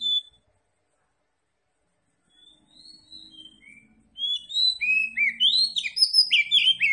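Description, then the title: Oriental magpie-robin song: a brief loud note, a pause, a few faint thin whistles, then loud fast varied whistles and slurred phrases. Tretes variety, described as gacor (singing energetically). "Kacer Tretes Gacor"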